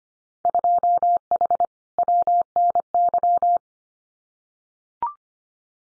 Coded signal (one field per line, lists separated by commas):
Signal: Morse code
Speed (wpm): 25 wpm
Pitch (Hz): 700 Hz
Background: none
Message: 2H WNY